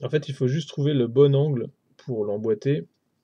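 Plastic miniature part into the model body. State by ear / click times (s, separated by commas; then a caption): not seated / none. A plastic miniature part for a cultist model is being dry-fitted at the right angle into the model body while someone talks. Nothing has seated or clicked yet, as the part has not gone home by the end of the clip.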